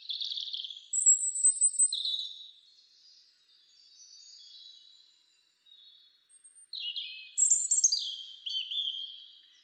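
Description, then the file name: European robin delivering two high, tinkling warbled phrases with a quieter pause between them; each mixes sharp trills with thin sliding whistles. "Erithacus rubecula"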